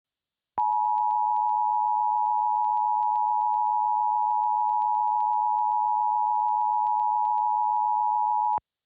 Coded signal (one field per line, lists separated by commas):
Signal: Emergency Alert System (SAME) tones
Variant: 853 and 960 Hz attention tone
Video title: EAS Mini Mock: Clay Steps On A Lego Brick